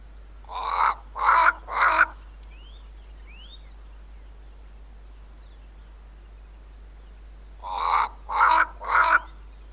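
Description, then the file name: Cape crow cawing, two bursts of three harsh, rasping caws about seven seconds apart, with faint rising whistles from other birds in between. "Black Crow (Corvus capensis)"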